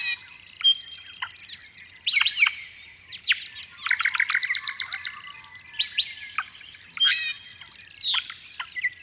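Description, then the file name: Honeyeaters in song, a dense jumble of overlapping whistles, sharp chirps and rapid twittering trills, with louder bursts every second or two. "Honeyeaters Sing"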